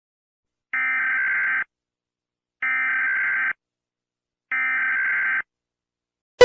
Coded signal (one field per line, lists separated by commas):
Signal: Emergency Alert System (SAME) tones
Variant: header bursts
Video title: Nunatsiavut EAS Alarm (1943)